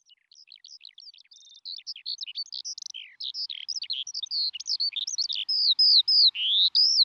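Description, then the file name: Eurasian skylark song, fast continuous warbling of varied chirps and buzzy trills, starting quieter and swelling louder, ending with longer slurred whistled notes. "alouette des champs"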